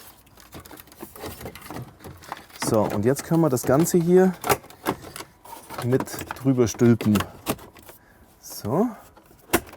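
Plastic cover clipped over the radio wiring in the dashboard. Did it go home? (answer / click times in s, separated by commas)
yes / 9.5 s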